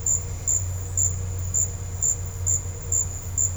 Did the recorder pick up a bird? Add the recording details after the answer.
no. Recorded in dense forest near Puerto Asís, Putumayo, Colombia, on 4 March 2025 at 13:00. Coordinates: 0.468, -76.322. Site GP01